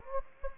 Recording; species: mosquito wingbeat signal from an infrared sensor; Anopheles gambiae